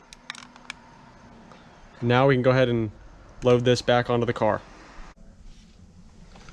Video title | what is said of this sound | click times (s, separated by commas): UNLOCKING your N Gauge // HOW TO unlock your Lund Racing N Gauge | it until you hear it click | 0.3 s